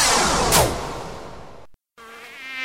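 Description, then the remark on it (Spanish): A mosquito buzzes in a loud, rough drone that swells briefly, cuts out for a moment, then returns as a thinner, steady high-pitched whine. No voices. “Y aquí nunca se vieron mosquitos de antes.”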